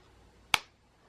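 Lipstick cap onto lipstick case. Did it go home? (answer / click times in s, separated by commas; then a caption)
yes / 0.5 s. A lipstick cap is pushed onto its case and snaps shut with a single sharp, solid click at 0.5 s, heard against a quiet background. The cap is seated closed.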